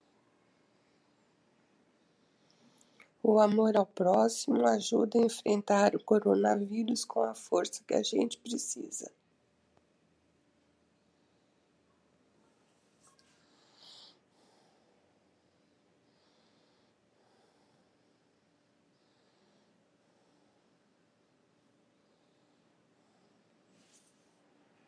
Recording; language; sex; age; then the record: spoken sentence; Brazilian Portuguese; female; 60 to 69 years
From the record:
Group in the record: control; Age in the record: 65 years